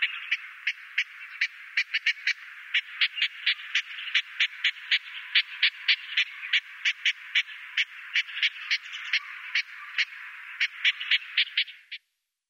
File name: Eastern Olivaceous Warbler